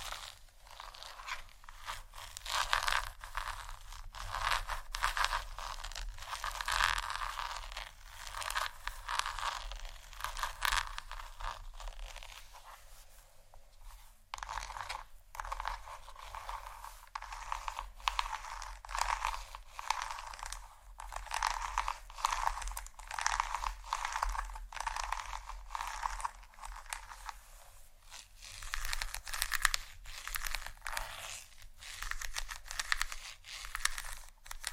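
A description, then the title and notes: Gentle scratching runs almost without pause, a dense, bright rasping made of quick, uneven strokes that swell and ease. A brief lull comes near the 14-second mark before the scratching resumes. A low, steady rumble sits underneath throughout. ASMR Gentle Scratching For Sleep（No Talking）.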